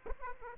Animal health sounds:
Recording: mosquito wingbeat signal from an infrared sensor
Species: Aedes aegypti

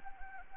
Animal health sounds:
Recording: mosquito wingbeat signal from an infrared sensor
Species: Anopheles gambiae

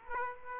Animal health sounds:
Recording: mosquito wingbeat signal from an infrared sensor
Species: Aedes aegypti

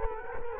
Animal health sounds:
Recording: mosquito wingbeat signal from an infrared sensor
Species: Culex quinquefasciatus

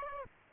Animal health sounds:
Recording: mosquito wingbeat signal from an infrared sensor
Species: Aedes aegypti

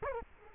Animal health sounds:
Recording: mosquito wingbeat signal from an infrared sensor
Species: Culex quinquefasciatus

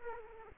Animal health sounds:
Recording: mosquito wingbeat signal from an infrared sensor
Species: Aedes aegypti

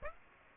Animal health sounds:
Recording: mosquito wingbeat signal from an infrared sensor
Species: Aedes aegypti

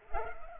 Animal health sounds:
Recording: mosquito wingbeat signal from an infrared sensor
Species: Culex pipiens

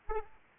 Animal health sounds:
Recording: mosquito wingbeat signal from an infrared sensor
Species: Aedes aegypti

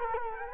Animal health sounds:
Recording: mosquito wingbeat signal from an infrared sensor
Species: Culex quinquefasciatus

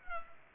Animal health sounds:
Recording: mosquito wingbeat signal from an infrared sensor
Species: Culex pipiens

